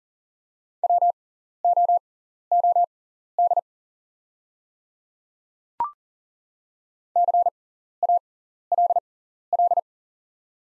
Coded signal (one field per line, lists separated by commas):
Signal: Morse code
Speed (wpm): 40 wpm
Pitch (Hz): 700 Hz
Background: none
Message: WOOD CALL